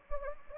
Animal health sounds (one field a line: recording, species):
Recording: mosquito wingbeat signal from an infrared sensor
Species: Anopheles gambiae